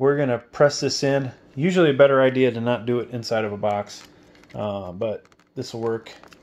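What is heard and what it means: A DDR4 memory stick is being handled and pressed toward the motherboard's DIMM slot while the board rests on its box, as someone talks. Nothing has seated or clicked yet.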